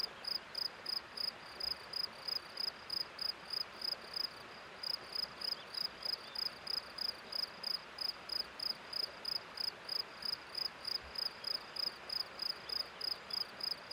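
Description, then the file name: Crickets giving high, regular chirps about three per second. The chirping breaks off briefly midway, then resumes against a quiet, hissy background. Hillside at Nodar, Portugal, recorded on 21 May 2007. "05-21-07-Nodar Portugal Hillside Crickets"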